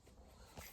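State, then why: Not seated. A protective cover is being put back onto a camera lens and turned to twist-lock it into place. Low rustling handling noise runs throughout, with one sharp, brighter scrape-like hit at about 0.6 s. The cover has not yet seated or clicked by the end of the clip.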